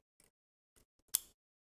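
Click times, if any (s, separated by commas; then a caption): 1.1 s. A three-pin XLR cable plug is lined up with a three-pin socket and pushed in until the latch engages. Faint handling sounds at 0.2 s and 0.8 s are followed by a sharp, bright click at 1.2 s as the connector seats.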